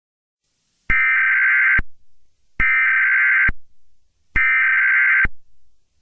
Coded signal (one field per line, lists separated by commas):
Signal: Emergency Alert System (SAME) tones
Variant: header bursts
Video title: EAS Scenario #1: Doom (READ PINNED)